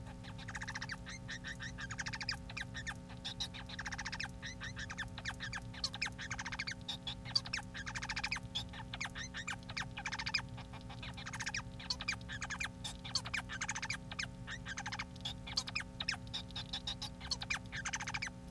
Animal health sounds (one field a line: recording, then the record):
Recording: song of a male Bengalese finch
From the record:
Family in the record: son of father 4